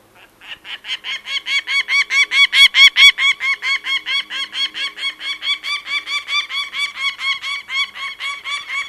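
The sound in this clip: Peregrine falcon cacking, a long run of harsh repeated notes that builds quickly, is loudest early on and fades slightly toward the end.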